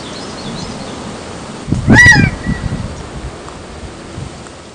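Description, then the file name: Gambel's quail gives a single loud nasal note around two seconds in, accompanied by low rumbling noise and faint higher chirps early on. Recorded at Wetlands Park, Las Vegas, USA, in 2013. "Callipepla-gambelii-Gamble´s-Quail-Wetlands Park-LVegas USA-11-6-13-ASilveira"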